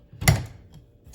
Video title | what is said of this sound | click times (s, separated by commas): How to Add a Ceiling Light at Home #DIY #DRD5S #light | clicks into place and let's turn it back on and | 0.3 s